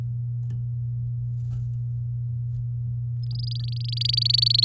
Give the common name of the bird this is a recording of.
Domestic Canary